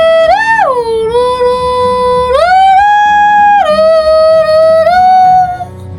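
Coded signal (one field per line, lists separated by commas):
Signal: whistled language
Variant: Kongthong jingrwai iawbei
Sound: a woman's wordless sung tune, about three long gliding notes rising and falling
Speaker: इनका जो लड़का है फीडिंग स्टार, उसका नाम अभी सिंगिंग में बताएंगी।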